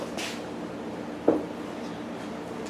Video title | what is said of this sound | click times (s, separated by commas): Predator 3500 Generator Extended Run Time Remote Fuel Kit first version | And the hubcap slides into the wheel and just snaps in place. | 1.3 s